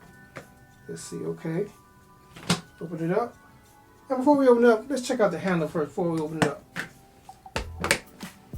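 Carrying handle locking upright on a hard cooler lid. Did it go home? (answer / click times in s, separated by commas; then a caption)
yes / 7.6 s, 7.9 s. Someone talks, with music in the background, then raises the large plastic carrying handle on a RIDGID 27-quart resin cold box's lid until it locks upright. Sharp clicks at 7.6 s and 7.9 s mark the handle seating firmly and very sturdily in place.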